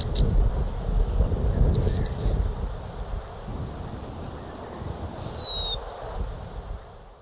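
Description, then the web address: Lesser goldfinch calls: a couple of brief high notes, then a pair of high, thin, downslurred whistled notes, and later a drawn-out falling whistle, over a steady low rumble. Recorded in Ecuador, South America. "Birds of Ecuador Lesser Goldfinch"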